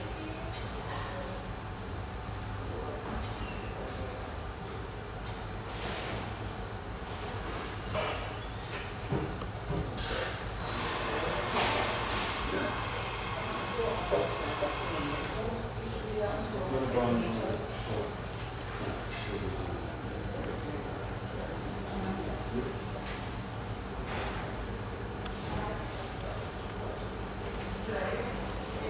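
A steady hum of chatter fills an espresso house near the Vancouver riverfront, voices overlapping without pause. A low drone runs underneath throughout, and sharp clinks and knocks of cups and dishes break through every few seconds, busiest around the middle.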